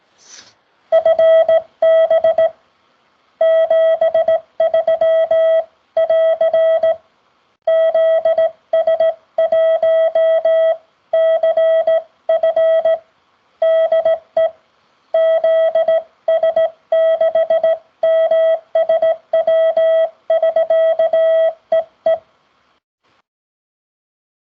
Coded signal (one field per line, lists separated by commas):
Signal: Morse code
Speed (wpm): 17 wpm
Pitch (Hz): 650 Hz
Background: none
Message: FB 73 <AR> ZS1CF DE ZS6MSW <SK> EE